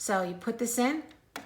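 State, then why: Not seated. Someone talks while handling a thread at a Baby Lock Euphoria coverstitch machine, with the presser foot up so the tension discs are open, as the looper/needle thread is brought to the top thread guide and tension disc. A brief sharp handling sound comes at about 1.4 s near the end, but the thread has not yet clicked into the guide; nothing has seated yet.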